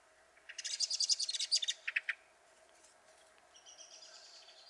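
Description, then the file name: Eurasian blackbird chattering call: a fast burst of sharp, high clicking notes lasting over a second, then a few lower notes and faint twittering, over a steady low hum. "Turdus merula"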